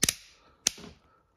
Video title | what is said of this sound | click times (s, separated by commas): Are Used Solar Panels Worth It? I Got 25 for $30 Each! | I hear some clicks, but I don't see it fully seated. So, I'm going do it some more. | 0.0 s, 0.1 s, 0.7 s